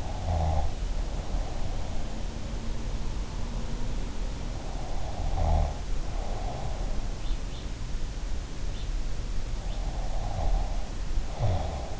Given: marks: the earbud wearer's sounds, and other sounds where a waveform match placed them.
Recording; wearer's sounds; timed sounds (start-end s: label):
sounds in sleep by an in-ear microphone; snoring breath, breath
0.00-1.67 s: snoring breath
4.87-6.95 s: breath
9.99-12.00 s: breath